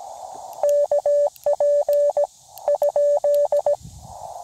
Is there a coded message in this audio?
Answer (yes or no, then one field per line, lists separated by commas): yes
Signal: Morse code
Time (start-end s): 0.6-3.7 s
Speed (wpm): 17 wpm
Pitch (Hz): 580 Hz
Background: radio noise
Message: KP ?